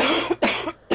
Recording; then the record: coughing mixed with background sound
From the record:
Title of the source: 61 morning phlegmy cough...again